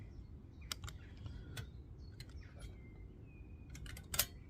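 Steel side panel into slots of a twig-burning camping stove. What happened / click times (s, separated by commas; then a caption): The steel panel snapped into its slots / 4.1 s. A laser-cut steel side panel is forced back into the slots of a flat-pack VOBOA twig-burning metal camping stove during reassembly, and fitting it is harder the second time around because of the movement. Faint scrapes and light metallic ticks come near 0.7, 0.9 and 1.6 seconds. At 4.1 seconds the panel seats into place with a sharp metallic click.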